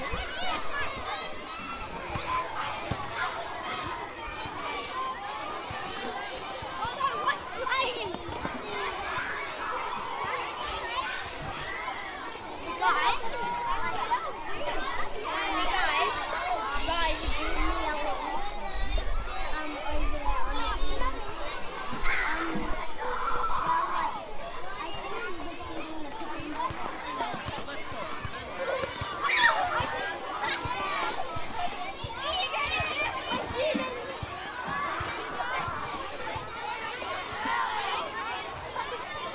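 Children play in a schoolyard, a dense and continuous clamor of overlapping young voices, chatter and shouts. Brighter cries and shrieks burst out every few seconds, with the crowd swelling louder after about thirteen seconds.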